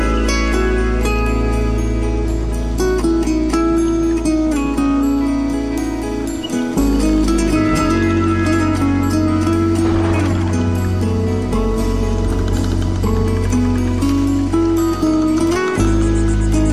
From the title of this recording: Smooth Jazz & Rain